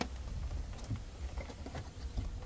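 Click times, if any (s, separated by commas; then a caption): none. A plastic bulb holder (caddy) for a Vauxhall rear light cluster is handled and lined up with its three clips against the light cluster housing, giving soft pattering and rustling contact sounds over a low rumble, with a brief tap at 0.0 s. Nothing has seated or clicked yet.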